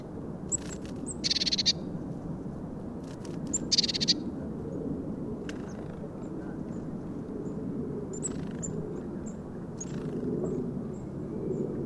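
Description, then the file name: Eurasian blue tit churring in two short scratchy bursts, with scattered thin, very high call notes and clicks over a constant low rumble. "Cyanistes caeruleus"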